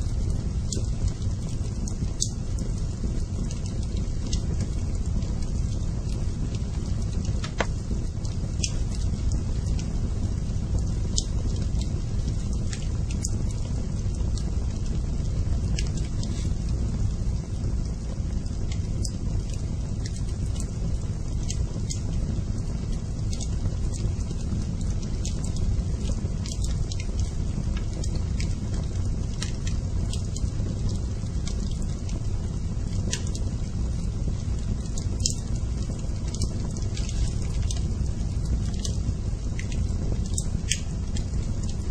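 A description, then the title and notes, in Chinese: A burning campfire roars steadily and low, with sharp crackles and pops scattered irregularly throughout, never fading or building. 燃烧的篝火。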